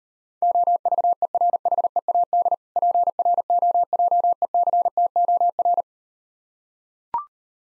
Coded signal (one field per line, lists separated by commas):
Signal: Morse code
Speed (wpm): 39 wpm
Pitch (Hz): 700 Hz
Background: none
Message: OVERHEAD PROJECTOR